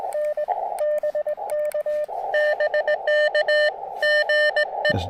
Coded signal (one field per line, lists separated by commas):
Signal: Morse code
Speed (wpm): 20 wpm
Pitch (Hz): 600 Hz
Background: radio noise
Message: N BK BK GE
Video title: Late-Shift QRP & Coffee: Testing the Chelegance MC-750 80M Coil During a PM POTA Activation!